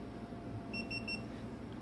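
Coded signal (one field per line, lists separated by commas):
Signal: beep code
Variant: Gitup Git2 action camera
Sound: three quick high-pitched electronic beeps in a row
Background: room hum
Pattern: 3 short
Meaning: Three beeps means the camera is powering on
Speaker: the front button is for press on hold three beeps is power on and the screen comes on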